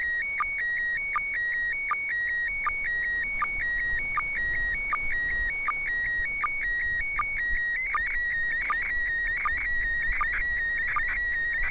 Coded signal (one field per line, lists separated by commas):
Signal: SSTV (slow-scan television)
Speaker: one minute until the next image